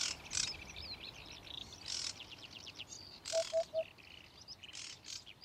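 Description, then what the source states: Eurasian Hoopoe giving one soft run of three low hollow hoots, with louder chirping and twittering from other birds. Courtship hooting call, featured as the nature sound of the week, presented by Juha Laaksonen; Finnish name harjalintu.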